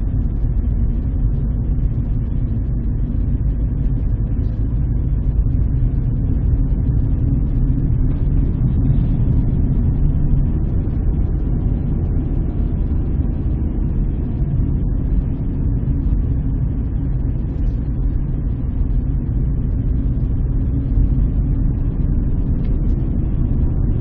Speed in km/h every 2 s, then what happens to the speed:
26, 26, 28, 28, 27, 34, 32, 30, 27, 28, 32, 35.
0-8 steady at about 27. 8-10 speeds up to 34. 10-18 slows to 28. 18-24 speeds up to 35.